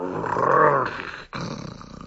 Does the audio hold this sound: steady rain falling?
no